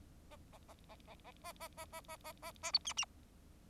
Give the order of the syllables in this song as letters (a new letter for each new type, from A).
A A A A A A A A A A A A A A B C C